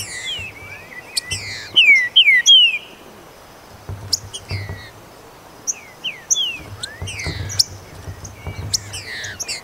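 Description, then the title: Green-winged saltator song: a loud whistled phrase near two seconds, then softer slurred notes and sharp high chirps. "Trinca Ferro"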